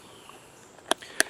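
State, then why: Seated. A Tops Silent Hero fixed-blade knife sits fully seated in its sheath, and the retention strap's snap fastener is pressed closed over it. Two loud, sharp snaps ring out at 0.9 s and 1.2 s over quiet background hiss. The strap is snapped shut with the knife fully seated.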